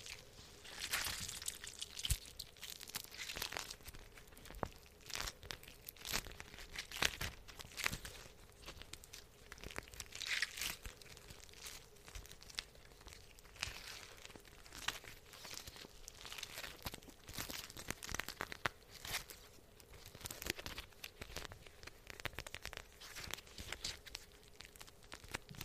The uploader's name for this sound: Squishing, Tapping, Crinkling!